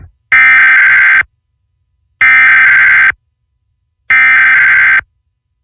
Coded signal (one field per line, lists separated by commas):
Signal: Emergency Alert System (SAME) tones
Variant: header bursts